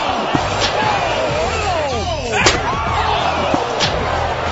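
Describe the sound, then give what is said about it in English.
A loud steel chair slam cracks out over a roaring, cheering crowd, with a couple of smaller smacks before and after it and voices whooping throughout. “He's got a steel chair, sports opinions, and saber metrics!”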